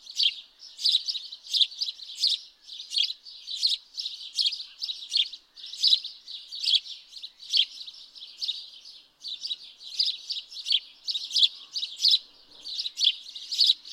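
House sparrow chirps in a fast, uneven series, bright chirrupy notes running almost continuously with a few short pauses.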